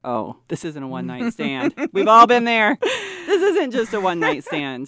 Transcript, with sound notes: Oh, this isn't a one night stand. We've all been there. (laughing) This isn't just a one night stands.